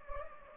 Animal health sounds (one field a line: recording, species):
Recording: mosquito wingbeat signal from an infrared sensor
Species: Anopheles gambiae